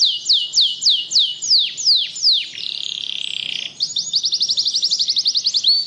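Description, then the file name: Canary singing nonstop: a series of swooping high whistles, then a steady buzzy trill, then a rapid rattling roll of even notes. Singing in the continuous, nonstop style called ngebren. "Suara Kenari Ngebren"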